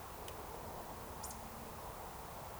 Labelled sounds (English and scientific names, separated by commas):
Eurasian Woodcock (Scolopax rusticola) whistle